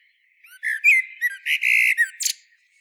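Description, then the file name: Common blackbird calls: a short run of squeaky, strained notes and chatters with a brief harsh burst near the end. "Turdus merula"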